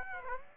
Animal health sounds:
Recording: mosquito wingbeat signal from an infrared sensor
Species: Aedes aegypti

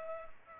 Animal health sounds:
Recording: mosquito wingbeat signal from an infrared sensor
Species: Culex pipiens

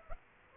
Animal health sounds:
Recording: mosquito wingbeat signal from an infrared sensor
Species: Aedes aegypti

